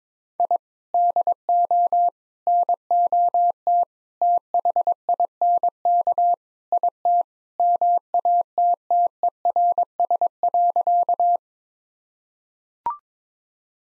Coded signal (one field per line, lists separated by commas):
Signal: Morse code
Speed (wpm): 22 wpm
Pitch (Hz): 700 Hz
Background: none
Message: I DO NOT THINK IT MATTERS.